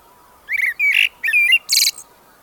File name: Blackbird Song